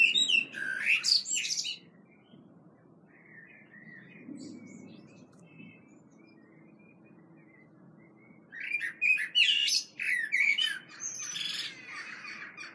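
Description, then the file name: Common blackbird song: a fluted warble opening into a high squeaky twitter, then a quieter stretch with faint notes before another warbled phrase with twittering ends near the close. "Turdus merula"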